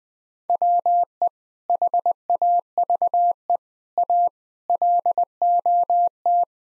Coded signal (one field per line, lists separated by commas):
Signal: Morse code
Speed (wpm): 20 wpm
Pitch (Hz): 700 Hz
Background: none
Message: WE HAVE A LOT